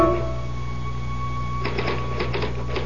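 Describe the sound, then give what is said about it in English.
Typewriter keys clatter in a quick, uneven burst of sharp clacks that begins partway through, as someone types pages through the night, over a steady low mechanical hum, with no voices. “I typed through the night.”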